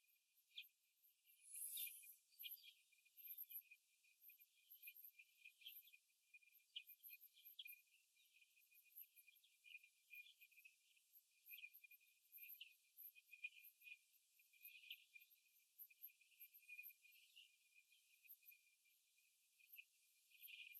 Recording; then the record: young laying hens in a cage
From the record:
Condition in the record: after the stressor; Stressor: simulated dog barking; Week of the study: 2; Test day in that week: 2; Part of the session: 1